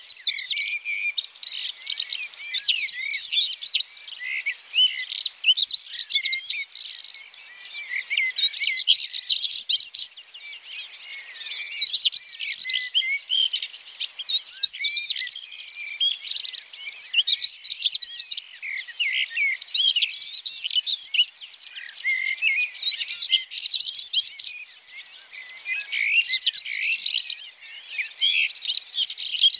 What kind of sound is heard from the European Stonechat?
song